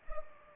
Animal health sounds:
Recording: mosquito wingbeat signal from an infrared sensor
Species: Culex pipiens

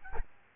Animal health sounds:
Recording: mosquito wingbeat signal from an infrared sensor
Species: Aedes albopictus

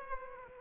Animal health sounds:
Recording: mosquito wingbeat signal from an infrared sensor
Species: Aedes aegypti

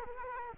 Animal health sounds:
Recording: mosquito wingbeat signal from an infrared sensor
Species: Culex quinquefasciatus

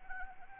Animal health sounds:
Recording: mosquito wingbeat signal from an infrared sensor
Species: Anopheles arabiensis

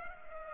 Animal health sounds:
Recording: mosquito wingbeat signal from an infrared sensor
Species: Culex pipiens

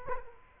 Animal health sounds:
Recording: mosquito wingbeat signal from an infrared sensor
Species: Culex quinquefasciatus

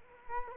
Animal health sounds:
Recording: mosquito wingbeat signal from an infrared sensor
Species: Culex quinquefasciatus

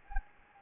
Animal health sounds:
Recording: mosquito wingbeat signal from an infrared sensor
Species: Anopheles gambiae

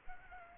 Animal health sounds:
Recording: mosquito wingbeat signal from an infrared sensor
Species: Aedes aegypti

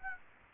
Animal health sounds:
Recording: mosquito wingbeat signal from an infrared sensor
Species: Aedes aegypti

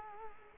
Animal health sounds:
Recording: mosquito wingbeat signal from an infrared sensor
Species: Culex quinquefasciatus

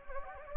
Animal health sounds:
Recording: mosquito wingbeat signal from an infrared sensor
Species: Anopheles gambiae

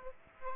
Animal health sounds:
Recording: mosquito wingbeat signal from an infrared sensor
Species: Aedes aegypti

